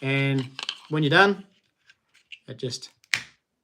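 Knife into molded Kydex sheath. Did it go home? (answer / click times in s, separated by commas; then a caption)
yes / 3.1 s. A small fillet/utility knife is pushed back into its molded Kydex sheath, whose folded-over edges grip the blade. Someone talks, a few faint scrapes follow, and the knife seats with a sharp snap at 3.1 s.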